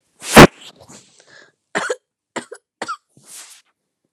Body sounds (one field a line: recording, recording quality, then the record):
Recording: shallow voluntary cough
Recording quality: moderate, slight background noise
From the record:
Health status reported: healthy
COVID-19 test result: negative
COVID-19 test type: RT-PCR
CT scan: not taken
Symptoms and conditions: cough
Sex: female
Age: 47 years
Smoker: no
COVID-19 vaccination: both doses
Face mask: not worn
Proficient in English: yes